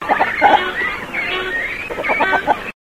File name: phalacrocorax carbo